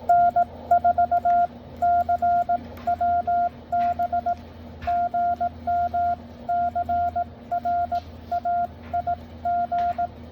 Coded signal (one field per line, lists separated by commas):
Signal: Morse code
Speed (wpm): 18 wpm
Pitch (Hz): 690 Hz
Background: none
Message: N4CWB GM CRAIG